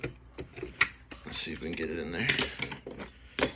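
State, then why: Not seated. An auto window switch is handled at the plastic switch opening of a swapped door panel bezel while someone talks, with a series of short plastic taps and knocks, the sharpest near 0.8 s and 3.4 s. The clip ends just before the switch goes in; nothing has seated or clicked yet.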